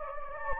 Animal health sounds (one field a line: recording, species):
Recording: mosquito wingbeat signal from an infrared sensor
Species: Anopheles gambiae